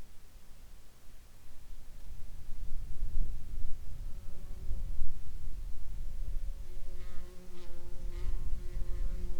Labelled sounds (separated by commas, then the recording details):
insects
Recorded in the Arctic National Wildlife Refuge, Alaska, on 8 July 2021 at 11:37
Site 41